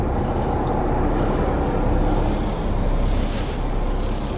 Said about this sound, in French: Ah, ça s'appelle, c'est une pompe attelée. C'est entraîné par courroie sur le moteur.